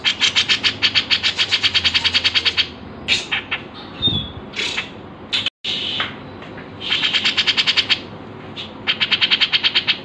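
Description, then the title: Grey-cheeked bulbul song of fast rattling trains of sharp, buzzy pulses, alternating with short sharp notes, interrupted by a brief cut and a low background hum. Training song for other birds (masteran). "MASTERAN CUCAK JENGGOT"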